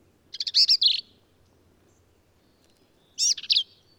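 Black-capped vireo singing two brief, jumbled phrases of harsh, squeaky and slurred notes, separated by about two seconds of quiet.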